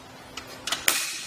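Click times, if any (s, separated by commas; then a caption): 0.9 s. A tilted RockyMounts MonoRail two-bike hitch-mounted rack on a 2019 Audi SQ5 is lifted back into its upright position, with faint knocks at about 0.4 s and 0.7 s. The metal tilt latch then snaps into place with a sharp click at 0.9 s, showing the rack is locked.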